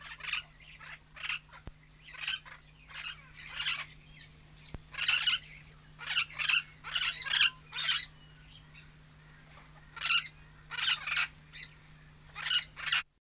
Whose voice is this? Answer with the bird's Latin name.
Amazona vinacea